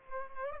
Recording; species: mosquito wingbeat signal from an infrared sensor; Culex pipiens